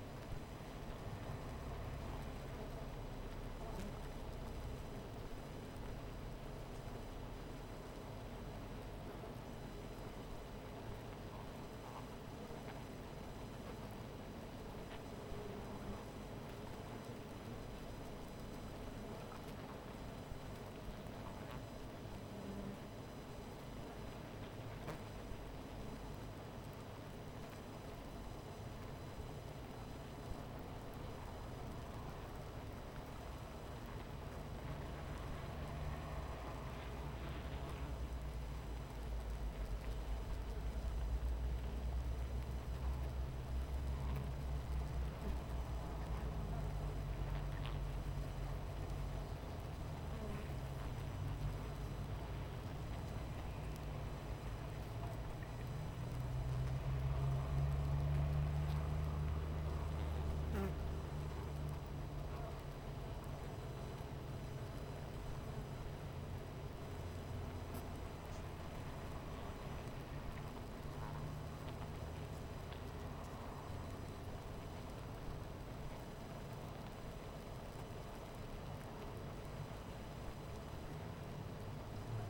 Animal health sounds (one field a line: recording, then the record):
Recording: honeybee colony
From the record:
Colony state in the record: missing queen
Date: 14 July 2017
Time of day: 17:45